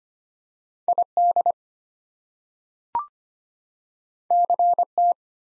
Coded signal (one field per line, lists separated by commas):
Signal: Morse code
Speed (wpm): 25 wpm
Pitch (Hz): 700 Hz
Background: none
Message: ID CT